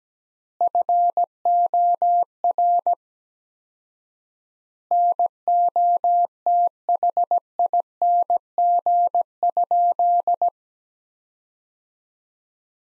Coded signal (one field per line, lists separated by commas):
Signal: Morse code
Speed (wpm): 17 wpm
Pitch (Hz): 700 Hz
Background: none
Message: FOR NOTHING?